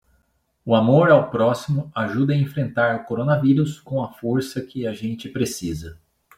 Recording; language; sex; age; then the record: spoken sentence; Brazilian Portuguese; male; 40 to 49 years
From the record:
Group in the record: control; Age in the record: 41 years